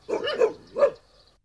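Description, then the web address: Dog barking: a drawn-out, wavering bark followed by one short, sharp bark, then quiet. "audio animali cani cani dog"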